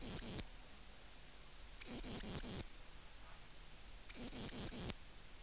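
Ephippigerida areolaria bush-cricket song: three dry, hissing bursts of a few rapid pulses, spaced about two seconds apart.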